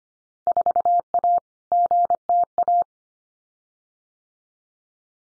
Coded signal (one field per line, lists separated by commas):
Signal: Morse code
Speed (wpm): 25 wpm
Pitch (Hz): 700 Hz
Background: none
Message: 4A GTA